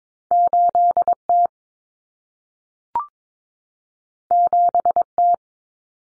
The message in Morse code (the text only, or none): 8T 7T